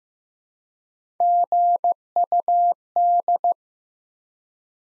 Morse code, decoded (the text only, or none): GUD